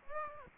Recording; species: mosquito wingbeat signal from an infrared sensor; Aedes aegypti